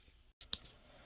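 The black plastic cover of an LED shift knob is pressed onto the DSG automatic selector of a VW Golf. A sharp click is heard at 0.5 s, after a short burst of handling noise, and a faint tick follows near the end. The cover clips on and is seated.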